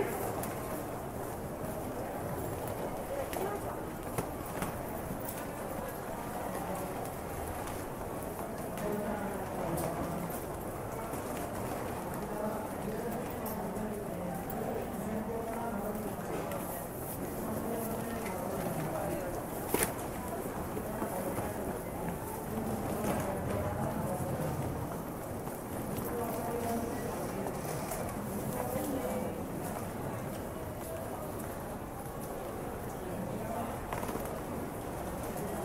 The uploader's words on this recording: It is a recording of a busy train station. You can hear the hustle and bustle of the station, people talking, trains coming and going, and other ambient noise.